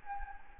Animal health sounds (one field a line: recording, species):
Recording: mosquito wingbeat signal from an infrared sensor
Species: Anopheles gambiae